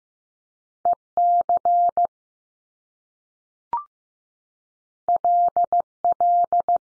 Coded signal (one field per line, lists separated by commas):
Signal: Morse code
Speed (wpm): 15 wpm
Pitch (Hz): 700 Hz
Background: none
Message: E C L L